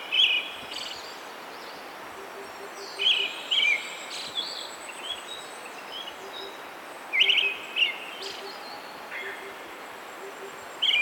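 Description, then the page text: Brown-headed thrush giving short, bright whistled phrases in pairs, a few seconds apart; fainter birds chirp behind, and a soft low pip repeats steadily underneath. "Desmond Allen - Золотистый дрозд (Turdus chrysolaus)"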